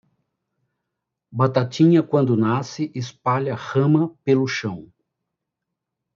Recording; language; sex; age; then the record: short text; Brazilian Portuguese; male; 60 to 69 years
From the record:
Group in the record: control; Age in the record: 62 years